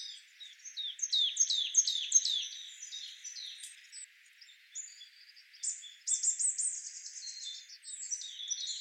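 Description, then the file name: Marsh tit: a run of repeated sharp downslurred notes, then higher rapid chattering notes. "Poecile palustris"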